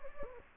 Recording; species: mosquito wingbeat signal from an infrared sensor; Anopheles gambiae